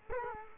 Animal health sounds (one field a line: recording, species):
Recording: mosquito wingbeat signal from an infrared sensor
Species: Culex quinquefasciatus